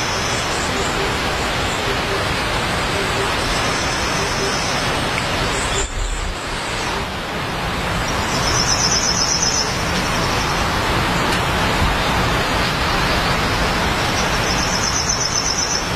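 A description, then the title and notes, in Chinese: Water flows steadily through the whole recording, a dense, even rush filling both low and high ranges. A thin, high trilling call rises above it in stretches, near the start, around four to six seconds, and again after eight seconds. The water grows slightly louder in the second half. 清晨，山林间清脆的鸟叫和水流声。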